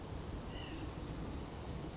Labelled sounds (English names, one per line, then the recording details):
White-breasted Nuthatch
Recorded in Sonoma County, California